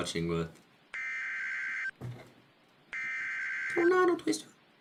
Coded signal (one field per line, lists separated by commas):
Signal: Emergency Alert System (SAME) tones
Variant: header bursts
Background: speech